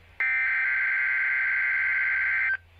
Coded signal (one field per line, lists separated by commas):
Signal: Emergency Alert System (SAME) tones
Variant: header bursts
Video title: EAS Tornado Drill Minnesota and Wisconsin NOAA Weather Radio (WR100 Version 2) Minneapolis Minnesota